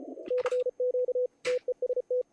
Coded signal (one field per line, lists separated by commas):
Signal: Morse code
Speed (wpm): 33 wpm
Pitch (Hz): 500 Hz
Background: radio noise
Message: CQ TEST